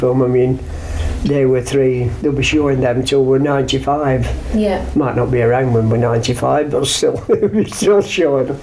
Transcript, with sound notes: I mean they were three-- they'll be showing them till we're ninety-five.
Yeah.
Might not be around when we're ninety-five, [laughs] but they'll be still showing them.